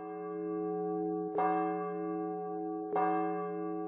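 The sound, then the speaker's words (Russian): A fairly large bell, like those used to summon factory workers, rings in Androsov's bedroom at 7:30 in the morning after a rattling alarm clock, with a deep, sustained hum, struck twice about a second and a half apart, each strike adding a bright clang over the lingering resonant tone. No voices. “На следующий день утром в 7:30 в спальне Андросова раздался как-то необыкновенно трещащий звук будильника, а вслед за сим звон довольно большого колокола, напоминающего тот, которым обыкновенно зывают фабричных.”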